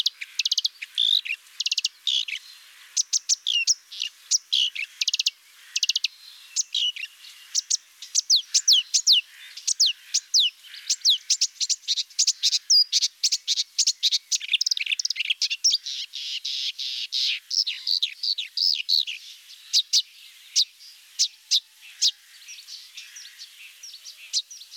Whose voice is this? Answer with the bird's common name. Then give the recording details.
Marsh Warbler. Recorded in the wild. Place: Waltershofen / Freiburg im Breisgau, Baden-Württemberg, DE. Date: 2006-06-05. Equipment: MiniDisc Sharp MT 20 H. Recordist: Schwarz, Dieter